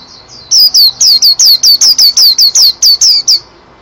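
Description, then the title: Oriental magpie-robin song: a steady run of many loud, high, downward-sliding whistled notes, then silence. "Kicau Kacer"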